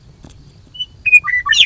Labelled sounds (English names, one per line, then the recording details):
Western Meadowlark
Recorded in Sonoma County, California